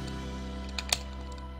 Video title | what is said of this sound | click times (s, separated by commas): 胡服騎射的變形金剛分享時間1608集 真人電影2 復仇之戰 大黃蜂 Transformers Revenge of the Fallen Deluxe Bumblebee | 好，扣上去了，OK，终于扣上去了。 | 0.9 s